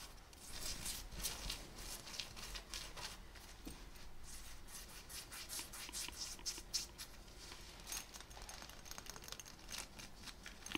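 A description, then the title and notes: Fabric scratching on jeans and skin, a dense run of quick rough strokes with bright hissy bursts, irregular and continuous throughout. FABRIC SCRATCHING(Jeans shirt skin scratching, belt sounds).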